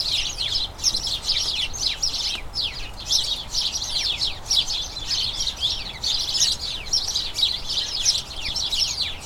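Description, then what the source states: House sparrow chatter, many short sharp chirps tumbling over one another in a constant excited stream. Colony of about a dozen house sparrows chattering incessantly in a small front garden as crocuses bloom, excitement signalling the colony turning to the breeding season.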